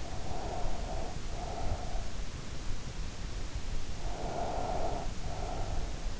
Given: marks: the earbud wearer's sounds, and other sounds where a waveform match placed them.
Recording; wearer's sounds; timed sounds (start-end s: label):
sounds in sleep by an in-ear microphone; breath
0.04-1.97 s: breath
3.81-5.85 s: breath